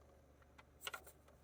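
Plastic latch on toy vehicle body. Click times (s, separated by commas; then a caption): 0.9 s. A small plastic latching piece on a toy vehicle body is pushed closed, with a faint tap near 0.6 s before two quick, sharp plastic clicks at about 0.9 s and 0.9 s. The latch still seats and clicks into place.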